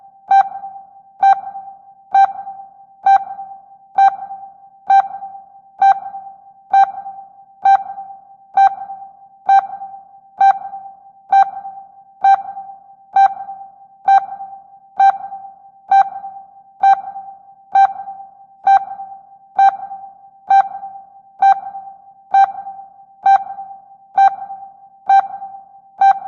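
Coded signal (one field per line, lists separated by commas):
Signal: none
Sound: synth sonar ping tones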